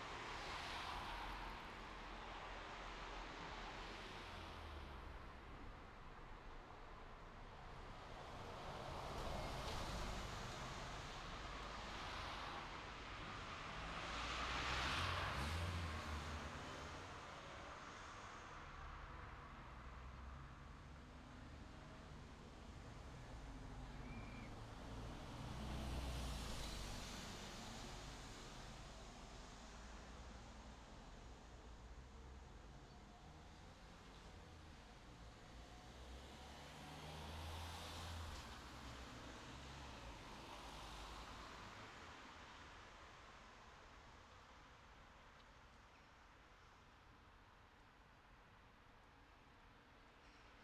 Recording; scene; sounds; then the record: everyday scene through a hearing-aid microphone; in traffic; traffic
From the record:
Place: city secondary road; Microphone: in the ear canal, left